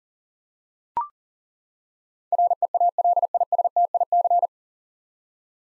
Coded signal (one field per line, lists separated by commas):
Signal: Morse code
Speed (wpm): 40 wpm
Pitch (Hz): 700 Hz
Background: none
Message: REALISTIC